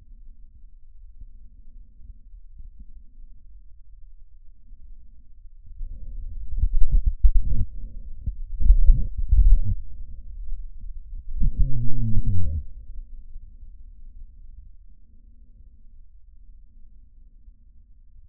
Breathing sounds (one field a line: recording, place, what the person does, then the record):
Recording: lung sounds by stethoscope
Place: trachea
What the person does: quiet breathing, then cough and speech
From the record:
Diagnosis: COPD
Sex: male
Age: 70 years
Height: 174 cm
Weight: 94 kg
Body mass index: 31.0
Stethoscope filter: bell mode